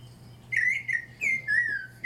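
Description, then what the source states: Clay-colored thrush song, a few short, clear whistled phrases in quick succession. Played from a phone bird-identification app to help informants identify the bird.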